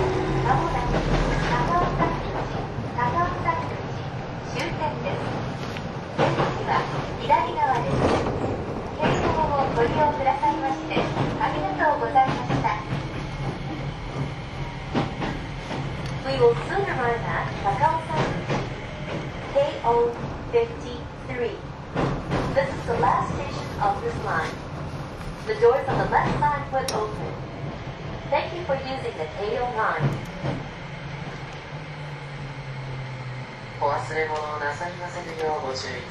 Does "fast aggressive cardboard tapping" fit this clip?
no